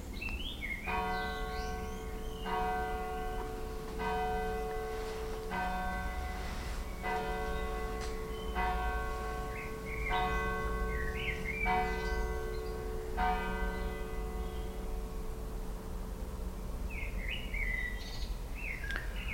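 A singing bowl is struck about nine times at a steady pace during a singing bowl meditation, each ringing metallic tone layered over a constant low hum, while birds chirp and twitter throughout.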